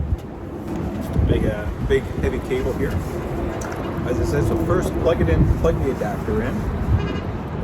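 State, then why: Not seated. Someone talks while handling a Tesla CCS charging adapter and the heavy CCS charger handle, about to plug the adapter onto the handle over a background of vehicle and outdoor noise. Nothing has seated or clicked yet.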